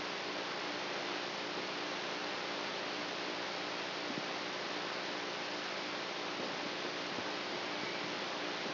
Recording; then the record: brain microelectrode recording played as sound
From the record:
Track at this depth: outside the subthalamic nucleus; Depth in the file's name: -0.51 mm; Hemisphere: right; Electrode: 3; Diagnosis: Parkinson's disease